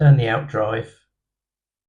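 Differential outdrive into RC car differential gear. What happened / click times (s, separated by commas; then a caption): The part is being handled but has not yet clicked into place / none. Someone talks briefly while the outdrive is turned into the differential gear of a Schumacher Mi9 RC car, with a finger holding the diff gear still, and then the clip goes silent. Nothing has seated or clicked yet.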